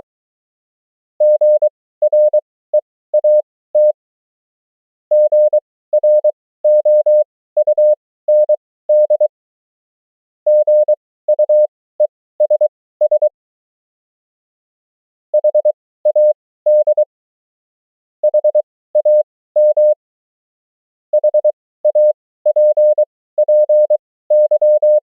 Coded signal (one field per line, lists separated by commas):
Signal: Morse code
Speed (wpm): 23 wpm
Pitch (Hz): 600 Hz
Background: none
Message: GREAT GROUND GUESS HAD HAM HAPPY